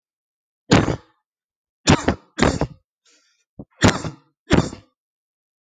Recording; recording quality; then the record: heavy voluntary cough; excellent, no background noise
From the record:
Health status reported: healthy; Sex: male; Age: 33 years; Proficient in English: yes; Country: India